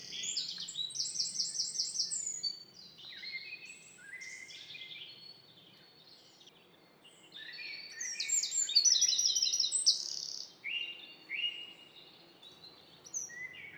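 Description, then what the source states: Eurasian Wren song: rapid, high trills in fast bursts, a loud phrase at the start and another near eight seconds after a quieter stretch. Sung in the evening in forest, 25–26 May 2019, Lesches and Saint-Dizier-en-Diois, Diois, France, in spring; Nagra Seven recorder with two MKH40 and 8020 microphones.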